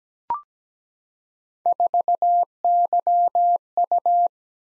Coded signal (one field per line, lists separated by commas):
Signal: Morse code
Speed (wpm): 17 wpm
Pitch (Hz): 700 Hz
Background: none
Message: 4YU